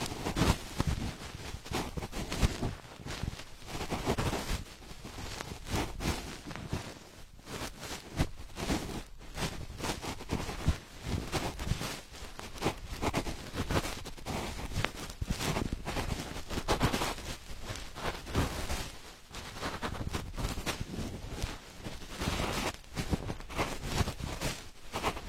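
Ear cleaning, heard as a continuous run of rough scratching and crackling strokes. The rustles come thick and irregular, rarely pausing, with sharper louder scrapes popping out every second or two over a steady hissy texture that stays at an even level throughout.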